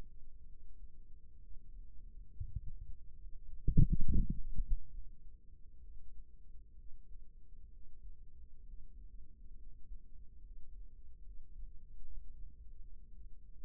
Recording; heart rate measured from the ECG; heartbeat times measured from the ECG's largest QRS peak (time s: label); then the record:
heart sounds by microphone in the right ear; 68 bpm
0.44 s: heartbeat
1.37 s: heartbeat
2.29 s: heartbeat
3.16 s: heartbeat
4.01 s: heartbeat
4.88 s: heartbeat
5.79 s: heartbeat
6.73 s: heartbeat
7.68 s: heartbeat
8.62 s: heartbeat
9.54 s: heartbeat
10.40 s: heartbeat
11.21 s: heartbeat
12.00 s: heartbeat
12.78 s: heartbeat
13.61 s: heartbeat
From the record:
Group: healthy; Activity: rest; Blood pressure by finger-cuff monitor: 137/68 mmHg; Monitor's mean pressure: 88 mmHg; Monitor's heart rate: 68 bpm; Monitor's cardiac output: 5.8 L/min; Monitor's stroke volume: 87 mL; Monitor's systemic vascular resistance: 1100 dyn s/cm5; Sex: female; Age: 37 years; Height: 168 cm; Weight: 70 kg